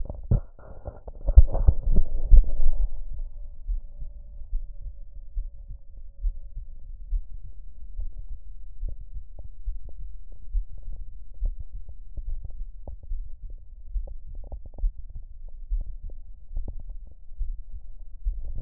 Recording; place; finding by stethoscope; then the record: heart sounds by stethoscope; aortic valve (AV); normal heart sounds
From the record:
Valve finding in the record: normal valve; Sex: female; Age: 56 years